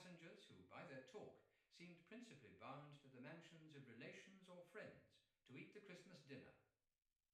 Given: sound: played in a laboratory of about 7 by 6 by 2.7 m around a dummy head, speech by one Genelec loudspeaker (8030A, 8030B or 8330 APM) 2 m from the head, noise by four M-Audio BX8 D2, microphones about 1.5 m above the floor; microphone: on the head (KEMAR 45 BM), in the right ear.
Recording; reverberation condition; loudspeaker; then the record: male speech in English; medium; behind (180 degrees)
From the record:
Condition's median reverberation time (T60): about 510 ms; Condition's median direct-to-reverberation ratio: about -0.5 dB